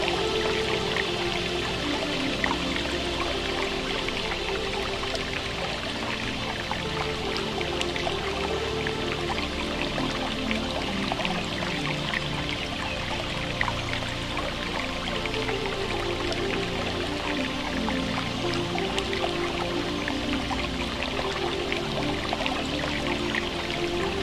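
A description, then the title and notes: A creek runs steadily in a small forest, its water pouring and trickling in a dense, unbroken rush. The flow holds level for the whole stretch, bright splashy detail over a low burble, with tiny drips and clicks scattered throughout. A Creek in a Small Forest.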